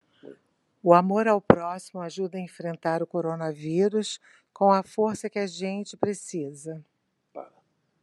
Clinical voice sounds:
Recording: spoken sentence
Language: Brazilian Portuguese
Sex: female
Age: 60 to 69 years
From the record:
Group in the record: control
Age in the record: 63 years

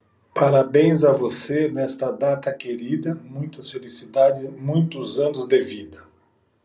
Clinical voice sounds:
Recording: short text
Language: Brazilian Portuguese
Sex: male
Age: 60 to 69 years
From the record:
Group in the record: control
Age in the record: 61 years

